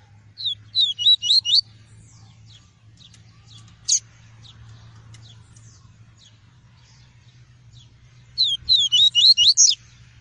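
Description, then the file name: Double-collared seedeater song: two bursts of several bright, rapid whistled notes about eight seconds apart, with a few faint ticks and a low hum between. Song of the "tui-tui" variety. "canto do papa capim tui tui"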